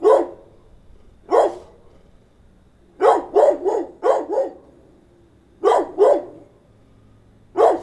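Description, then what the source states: Dog barking in irregular bursts, single barks and quick runs of several, with short quiet gaps between. Medium-sized dog barking.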